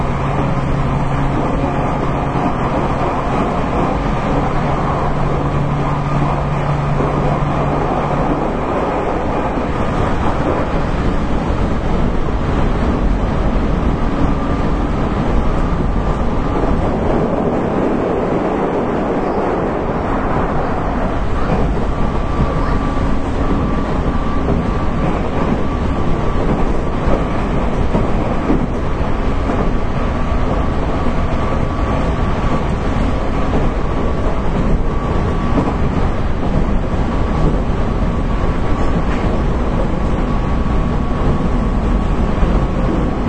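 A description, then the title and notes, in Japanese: Running noise inside a local electric train, a dense, steady rumble and roar that stays loud throughout. A low hum sits under the first eight seconds, and a thin sustained whine runs through the middle, with faint rattles and wind buffeting mixed in. JR九州の813系電車の走行音です。日豊線の普通列車で収録しました。区間は、中津から西小倉までです。It is a running sound of an 813 series train of JR Kyushu.It was recorded with Nippou line's local train.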